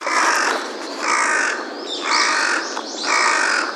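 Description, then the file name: Carrion crow cawing, four long harsh hoarse caws roughly one second apart, strong and evenly spaced. Recorded 1 February 2014. "hasibosogarasu 140201"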